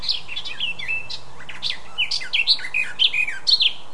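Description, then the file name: Eurasian blackcap song: a steady, chattering warble of quick varied notes, turning into louder, clear fluting whistles toward the end. "Sylvia atricapilla"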